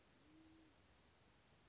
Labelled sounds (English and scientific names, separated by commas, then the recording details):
Band-tailed Pigeon (Patagioenas fasciata)
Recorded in Sonoma County, California